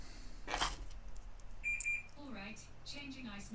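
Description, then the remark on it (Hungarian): A sharp click, then a single short, high electronic beep as an air conditioner is switched on by a Google voice command in an attic apartment where the temperature had risen to 27 degrees, followed by a voice starting to speak. “Megint bekapcsolom egy picit a légkondicionálót, mert felszaladt 27 fokra a hőmérséklet itt a lakásban.”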